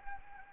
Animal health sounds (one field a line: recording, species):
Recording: mosquito wingbeat signal from an infrared sensor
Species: Anopheles arabiensis